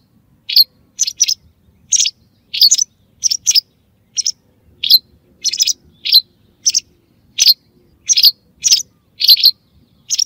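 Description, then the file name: White wagtail song of bright, high-pitched chirps and quick doublets, delivered in an irregular stuttering rhythm, with no other notable sounds. "Motacilla alba"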